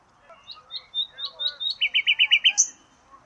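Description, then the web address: Bird singing a string of high thin whistled notes that leads into a fast run of about six repeated notes, ending on a sharp high note. "2025. Bird Only"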